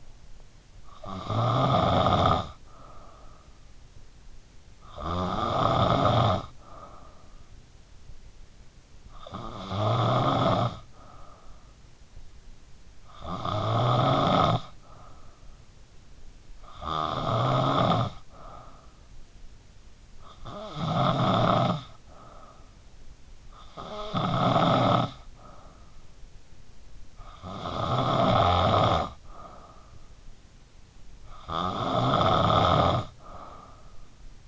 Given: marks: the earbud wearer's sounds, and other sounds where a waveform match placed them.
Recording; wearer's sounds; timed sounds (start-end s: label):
sounds in sleep by an in-ear microphone; snoring breath
0.00-34.48 s: snoring breath